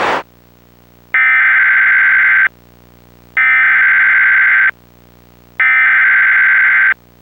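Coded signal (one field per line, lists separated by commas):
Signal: Emergency Alert System (SAME) tones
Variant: header bursts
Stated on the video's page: Recreated EAS flash flood warning from the Tampa Bay weather office as seen on a local cable system, with valid tones.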